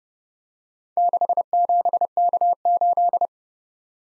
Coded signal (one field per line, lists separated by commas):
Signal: Morse code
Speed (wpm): 30 wpm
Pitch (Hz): 700 Hz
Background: none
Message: 67K8